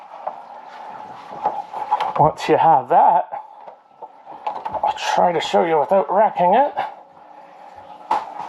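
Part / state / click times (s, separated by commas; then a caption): front bumper cover tab into body mounting clip / seated / 8.1 s. A polyurethane Vicrez Demon front bumper cover is pushed onto a 2017 Dodge Challenger Widebody so its plastic retaining tab goes into the body mounting clip on the car. Someone talks over scattered handling knocks and rubbing. One sharp snap at 8.1 s marks the tab clicking into place and seating.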